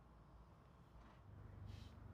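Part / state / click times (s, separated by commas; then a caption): memory card into dash camera slot / not seated / none. A memory card from the package is slid into the card slot of a Mangoal dash camera in a RAV4. A low, steady rumble and broadband noise grow slightly louder after about 1.3 seconds, with a brief brighter hiss around 1.7 to 1.9 seconds. Nothing has seated or clicked yet.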